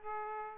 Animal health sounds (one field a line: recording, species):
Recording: mosquito wingbeat signal from an infrared sensor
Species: Aedes aegypti